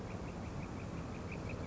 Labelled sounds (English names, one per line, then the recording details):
Northern Flicker
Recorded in Sonoma County, California